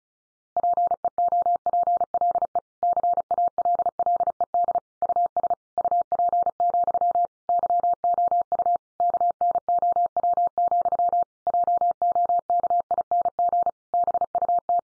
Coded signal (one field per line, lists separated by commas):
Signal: Morse code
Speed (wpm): 34 wpm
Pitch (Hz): 700 Hz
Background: none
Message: PEOPLE CALLED US UP, YOU KNOW, JOKING BUT